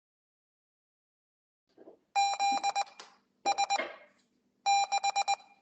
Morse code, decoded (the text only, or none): ZS6